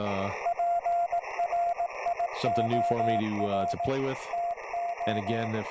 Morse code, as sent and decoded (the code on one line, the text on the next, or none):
.--. .-. .. --- .-. / - ---
PRIOR TO